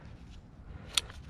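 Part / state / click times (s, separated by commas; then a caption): night latch of a dog-proof raccoon trap / not seated / none. The night latch on a metal dog-proof raccoon trap is worked while the trap is being set, with a single short, sharp tick at about 1.0 s over a low background rumble. The latch has not caught or clicked into place; it won't hold even though everything on it looks right.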